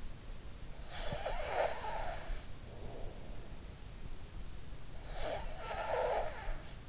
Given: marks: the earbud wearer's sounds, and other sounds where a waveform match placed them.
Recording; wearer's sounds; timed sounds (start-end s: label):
sounds in sleep by an in-ear microphone; snoring breath
0.55-2.72 s: snoring breath
4.32-6.89 s: snoring breath